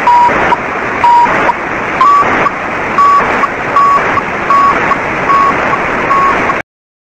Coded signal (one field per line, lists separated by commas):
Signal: radiosonde or satellite telemetry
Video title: CAPE-1 Telemetry Signal